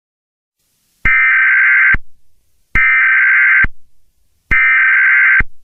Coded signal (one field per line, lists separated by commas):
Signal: Emergency Alert System (SAME) tones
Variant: header bursts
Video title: Eas Scenario Attack of￼￼ fnas